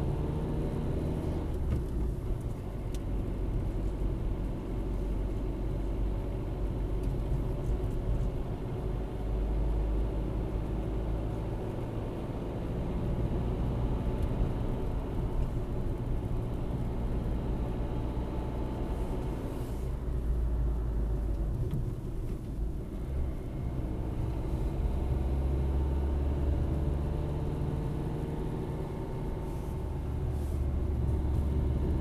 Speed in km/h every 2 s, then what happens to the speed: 35, 32, 31, 33, 37, 38, 40, 42, 45, 47, 34, 32, 30, 37, 36, 34.
0-5 steady at about 32. 5-17 speeds up to 47. 17-21 slows to 32. 21-32 steady at about 34.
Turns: none.